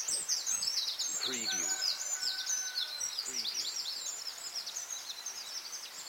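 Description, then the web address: Birds: dense dawn chorus of high chirping birds, with a few lower harsh calls near one and three seconds and a faint, steady whistled note. Dawn chorus recorded at dawn in Anglesey, Wales. "beanstalk-audio Dawn chorus in Anglesey Wales"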